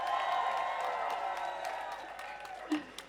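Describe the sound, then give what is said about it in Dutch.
A crowd at a street rally for solidarity and against fascism, on 20 September 2025, claps steadily, with whoops and cheering voices layered over the applause, which holds strong before thinning out and tapering near the end. “Nog een applaus”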